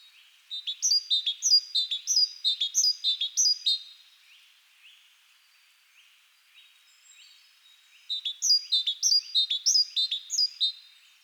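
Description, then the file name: Great tit: a quick series of bright, slurred notes, a pause of several seconds, then another similar burst. "Parus major"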